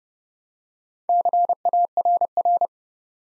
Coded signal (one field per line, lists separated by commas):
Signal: Morse code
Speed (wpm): 28 wpm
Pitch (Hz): 700 Hz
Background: none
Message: CARR